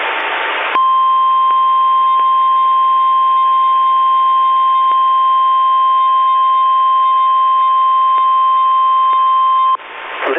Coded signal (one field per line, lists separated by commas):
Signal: Emergency Alert System (SAME) tones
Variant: 1050 Hz attention tone